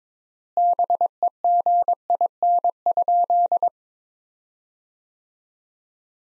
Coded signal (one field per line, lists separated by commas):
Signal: Morse code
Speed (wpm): 22 wpm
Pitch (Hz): 700 Hz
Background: none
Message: BEGIN?